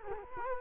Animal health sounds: mosquito wingbeat signal from an infrared sensor; Culex quinquefasciatus

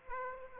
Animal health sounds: mosquito wingbeat signal from an infrared sensor; Aedes aegypti

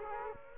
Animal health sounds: mosquito wingbeat signal from an infrared sensor; Aedes aegypti

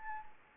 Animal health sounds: mosquito wingbeat signal from an infrared sensor; Anopheles gambiae

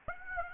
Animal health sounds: mosquito wingbeat signal from an infrared sensor; Aedes aegypti

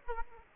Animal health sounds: mosquito wingbeat signal from an infrared sensor; Aedes aegypti

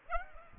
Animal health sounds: mosquito wingbeat signal from an infrared sensor; Aedes aegypti

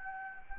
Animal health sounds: mosquito wingbeat signal from an infrared sensor; Anopheles gambiae

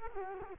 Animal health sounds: mosquito wingbeat signal from an infrared sensor; Culex quinquefasciatus

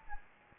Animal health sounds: mosquito wingbeat signal from an infrared sensor; Anopheles gambiae

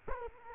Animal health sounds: mosquito wingbeat signal from an infrared sensor; Culex quinquefasciatus

